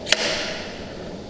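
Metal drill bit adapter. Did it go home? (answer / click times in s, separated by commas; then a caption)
no / none. The quick-release core bit adapter of an AGP TC20/TC40/TC402 tile core drill is being refitted into the drill collar and turned, with one sharp, bright transient at 0.1 s followed by a faint fading ring and low background noise. The adapter has not snapped into place yet; nothing has seated or clicked.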